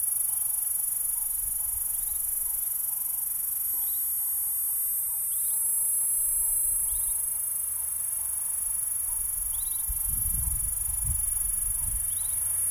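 P. catenata keeps a continuous high buzz while a bird chirps repeatedly, with low rumbling noise toward the end.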